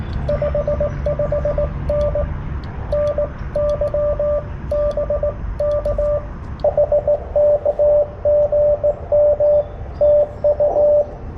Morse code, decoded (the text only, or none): 55N NY BK HK GM TU